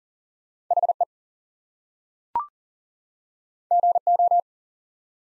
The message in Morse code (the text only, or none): HE GO